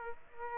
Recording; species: mosquito wingbeat signal from an infrared sensor; Aedes aegypti